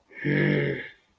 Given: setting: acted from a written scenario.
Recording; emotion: vocal sound without words; anger